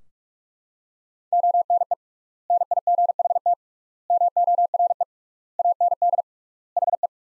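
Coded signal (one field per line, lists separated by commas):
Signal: Morse code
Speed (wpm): 46 wpm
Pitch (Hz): 700 Hz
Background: none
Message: ONE NIGHT MORE AND HE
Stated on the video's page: Computer-generated Morse practice of sentences from the top 300 words at 45 wpm, sent with 3x standard word spacing, a word-level Farnsworth-like method.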